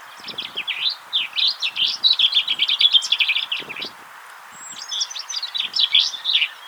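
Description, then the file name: Common chaffinch song: a fast run of high notes ending in a flourish, then another song after a short pause, with faint rustling beneath. "Fringilla coelebs"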